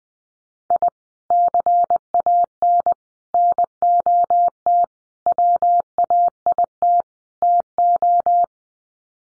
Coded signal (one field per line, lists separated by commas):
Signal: Morse code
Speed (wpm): 20 wpm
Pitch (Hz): 700 Hz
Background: none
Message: I CAN NOT WAIT TO